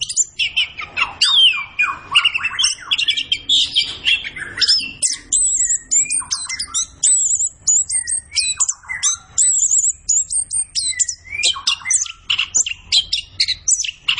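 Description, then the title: Orange-headed thrush song, a rapid, varied stream of high whistles, trills and chattering notes, sliding up and down with short pauses, almost nonstop. Kept songbird singing gacor, used as masteran to train other birds in Indonesian songbird keeping (kicau mania). "Anis Kembang Gacor. Kicau Mania Masteran Anis Kembang"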